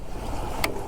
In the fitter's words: and it clicks into place